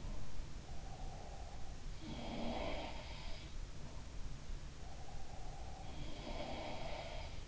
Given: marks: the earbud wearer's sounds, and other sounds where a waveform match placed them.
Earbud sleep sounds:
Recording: sounds in sleep by an in-ear microphone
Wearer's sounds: breath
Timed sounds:
0.59-3.37 s: breath
1.86-3.22 s: sound from someone else or the room
4.74-7.48 s: breath
5.81-7.38 s: sound from someone else or the room

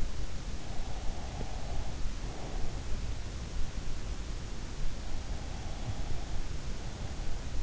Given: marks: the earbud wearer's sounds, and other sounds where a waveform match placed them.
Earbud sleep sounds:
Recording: sounds in sleep by an in-ear microphone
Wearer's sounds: breath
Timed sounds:
0.93-2.69 s: breath

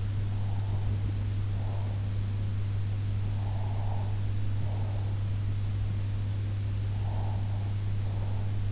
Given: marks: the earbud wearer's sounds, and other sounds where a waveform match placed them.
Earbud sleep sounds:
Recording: sounds in sleep by an in-ear microphone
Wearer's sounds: breath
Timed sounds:
0.20-2.15 s: breath
3.27-5.21 s: breath
6.84-8.72 s: breath

